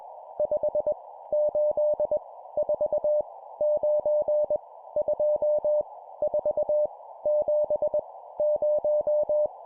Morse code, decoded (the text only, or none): 5 8 4 9 2 4 7 0